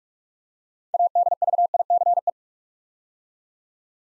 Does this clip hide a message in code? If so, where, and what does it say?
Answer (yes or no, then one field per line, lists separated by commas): yes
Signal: Morse code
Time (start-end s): 0.9-2.3 s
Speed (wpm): 44 wpm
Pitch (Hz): 700 Hz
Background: none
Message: ADVICE